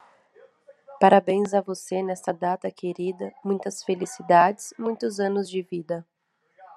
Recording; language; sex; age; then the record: short text; Brazilian Portuguese; female; 20 to 29 years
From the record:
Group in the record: control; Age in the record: 26 years